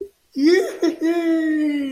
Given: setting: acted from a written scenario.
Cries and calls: vocal sound without words; triumph

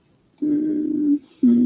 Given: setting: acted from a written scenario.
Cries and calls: vocal sound without words; sadness

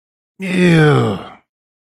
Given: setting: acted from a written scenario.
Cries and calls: vocal sound without words; disgust

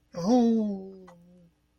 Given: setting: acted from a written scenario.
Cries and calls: vocal sound without words; sympathy

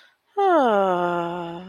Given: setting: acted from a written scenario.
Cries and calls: vocal sound without words; serenity

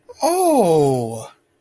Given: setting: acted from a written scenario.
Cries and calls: vocal sound without words; positive surprise

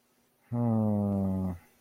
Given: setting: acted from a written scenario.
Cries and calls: vocal sound without words; confusion

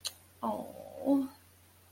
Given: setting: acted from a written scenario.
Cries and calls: vocal sound without words; sympathy

